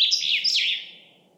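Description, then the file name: Common chaffinch song fragment, a few loud downslurred notes and a twisting final flourish that fades out. "Fringilla coelebs"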